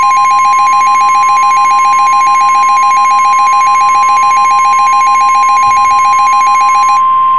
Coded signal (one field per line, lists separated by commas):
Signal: Emergency Alert System (SAME) tones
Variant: 1050 Hz attention tone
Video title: EAS SCENARIO: Above The Clouds